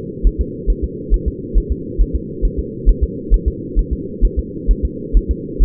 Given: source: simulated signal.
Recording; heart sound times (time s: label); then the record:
fetal heart sounds
0.27 s: S1
0.41 s: S2
0.70 s: S1
0.84 s: S2
1.14 s: S1
1.28 s: S2
1.58 s: S1
1.72 s: S2
2.01 s: S1
2.16 s: S2
2.45 s: S1
2.59 s: S2
2.89 s: S1
3.03 s: S2
3.34 s: S1
3.48 s: S2
3.79 s: S1
3.93 s: S2
4.25 s: S1
4.39 s: S2
4.71 s: S1
4.85 s: S2
5.17 s: S1
5.31 s: S2
5.63 s: S1
From the record:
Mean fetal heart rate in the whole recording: 135 bpm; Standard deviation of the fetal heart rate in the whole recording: 3 bpm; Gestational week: 36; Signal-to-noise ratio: -4.1 dB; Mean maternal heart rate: no maternal heart sound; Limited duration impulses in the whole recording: absent